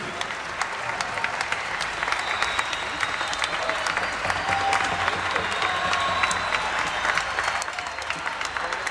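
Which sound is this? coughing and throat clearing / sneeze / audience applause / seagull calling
audience applause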